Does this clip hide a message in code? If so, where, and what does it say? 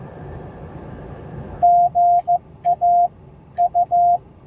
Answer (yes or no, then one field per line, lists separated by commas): yes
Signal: Morse code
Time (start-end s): 1.6-4.2 s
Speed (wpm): 15 wpm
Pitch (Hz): 700 Hz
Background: none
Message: GA U